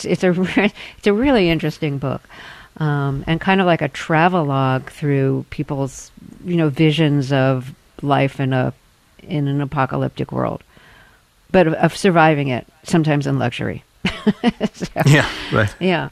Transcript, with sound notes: It's a really interesting book and kind of, like, a travelogue through people's, you know, visions of life in an apocalyptic world but of surviving it, sometimes in luxury (laughter).
Yeah. Right.
Yeah.